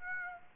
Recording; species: mosquito wingbeat signal from an infrared sensor; Aedes aegypti